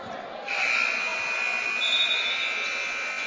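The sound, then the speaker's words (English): A loud, steady electronic buzzer from the scorer's table at a basketball game blares continuously for about three seconds to signal a substitution, a sustained high-pitched tone that starts abruptly over a background of crowd murmur. “And buzzer sounding here. Substitution.”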